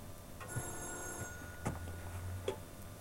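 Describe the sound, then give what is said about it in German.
A telephone rings with a thin, high electronic tone over a low hum, broken by a few sharp clicks and knocks, with no voices. “Ach, Jochens Telefon klingelt. Geh doch bitte mal hin, ja?”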